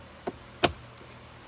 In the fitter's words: pop it back together